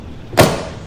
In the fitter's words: And then it just clicks right into place. Super easy.